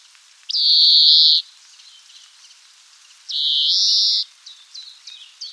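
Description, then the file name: European greenfinch with two long, harsh, buzzy wheezes, the second slightly rising, then a run of short chirping notes at the end. "Chloris chloris"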